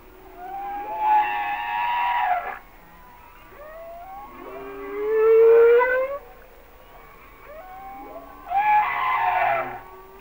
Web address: Whale Songs. Sounds of Nature - Humpback Whales